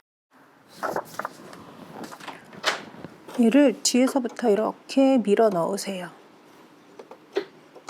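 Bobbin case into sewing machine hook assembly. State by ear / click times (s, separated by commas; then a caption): seated / 7.9 s. A sewing machine's bobbin case is pushed in from behind into the hook race while someone talks, with small handling taps and clicks scattered through the clip. A sharp click at 7.9 s marks the bobbin case catching and latching into place in the hook assembly, seated the same way as the first time.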